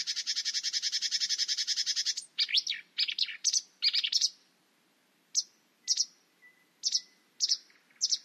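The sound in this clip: Bird song opening with a long, fast, dry trill for two seconds, then varied chirps and, after a pause, short sharp high notes repeated at short intervals.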